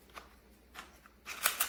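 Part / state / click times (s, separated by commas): camera quick-release plate into gimbal stabilizer mount / not seated / none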